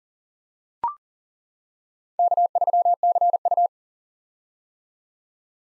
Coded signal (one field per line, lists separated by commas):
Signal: Morse code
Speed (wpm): 37 wpm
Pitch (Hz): 700 Hz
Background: none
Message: K3CU